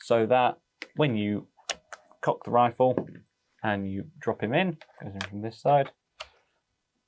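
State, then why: Seated. A rotary pellet magazine is dropped by feel into the side of a Reximex Pretensis Regulated air rifle's action, where a ball-bearing detent holds it. Someone talks throughout, and a short click at 6.2 s marks the magazine locking into place.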